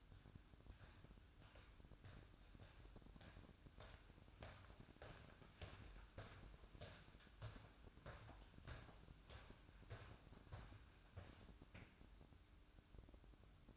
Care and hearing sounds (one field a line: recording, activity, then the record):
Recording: daily activity, microphone in the room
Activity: walk to room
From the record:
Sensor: 2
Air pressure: 1008.0 hPa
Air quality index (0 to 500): 116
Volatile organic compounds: 1 ppm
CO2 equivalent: 862 ppm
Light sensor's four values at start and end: 9/21/9/9 and 8/20/8/8